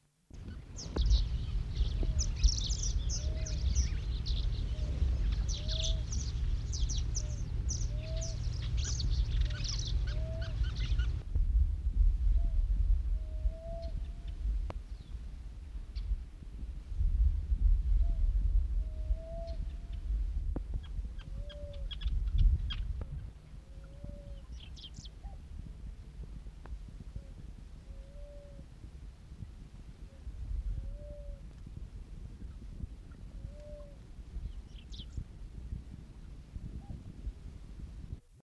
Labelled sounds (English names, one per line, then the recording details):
Namaqua Dove call
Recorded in captivity
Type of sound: call
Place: Namibia
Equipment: Halbspur, 9,5 cm/s
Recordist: Lütgens, Hans
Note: Rufe